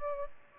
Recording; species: mosquito wingbeat signal from an infrared sensor; Aedes aegypti